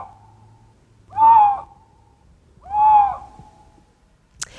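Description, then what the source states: Eurasian lynx: two drawn-out wailing calls, each arching up and down, with a sharp click at the end. Classic rutting or mating sounds of the lynx, hard to tell from other animals' calls and similar to a fox's bark.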